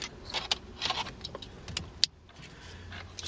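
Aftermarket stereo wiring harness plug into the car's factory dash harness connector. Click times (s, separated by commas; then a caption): 2.0 s. An aftermarket stereo wiring harness is plugged into the original factory dash harness connector, a plastic multi-pin plug, while replacing the stock double-DIN head unit in a 2005 Subaru WRX/STI. Light rattling and small handling ticks lead up to one sharp, loud click at 2.0 s as the connector latches. The connector is seated, followed by a quiet low hum.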